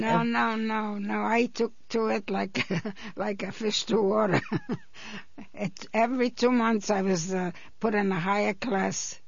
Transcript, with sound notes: No, no, no, no. I took to it like, like a fish to water. (she laughs) It, every two months I was put in a higher class.